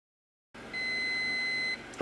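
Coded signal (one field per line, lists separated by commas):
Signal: beep code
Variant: Weiser SmartCode lock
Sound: one long steady high beep lasting about a second, then a click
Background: room hum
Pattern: 1 long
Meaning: Factory reset ready: release the program button, then press it once more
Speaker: okay once you hear that long beep release it then press it once more okay there you go the reset is complete and the lock is back to factory default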